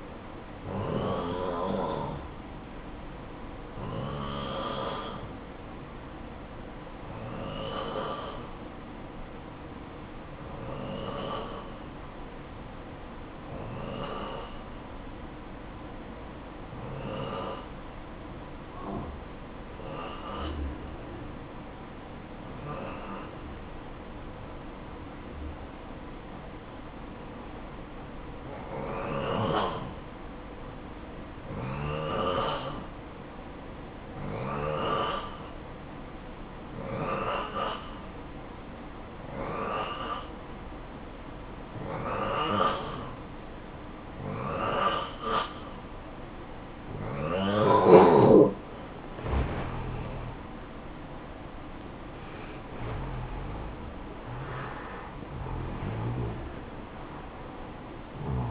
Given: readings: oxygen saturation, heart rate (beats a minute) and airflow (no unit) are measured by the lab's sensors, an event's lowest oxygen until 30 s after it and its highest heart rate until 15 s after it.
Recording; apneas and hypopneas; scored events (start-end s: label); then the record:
breathing in sleep by a voice recorder at the bedside; 1
7.00-45.10 s: hypopnea (N2, oxygen 95% highest, then 89% lowest, heart rate 59 at the start, 73 highest)
36.00-58.51 s: new sleep stage, awake
38.00-58.51 s: awake
From the record:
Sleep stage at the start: N2 (light sleep); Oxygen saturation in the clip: 90 to 95%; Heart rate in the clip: 54 to 71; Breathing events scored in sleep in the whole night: 573 in 9.8 hours asleep